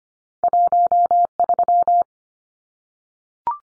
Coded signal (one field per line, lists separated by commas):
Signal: Morse code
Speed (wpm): 25 wpm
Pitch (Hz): 700 Hz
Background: none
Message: 13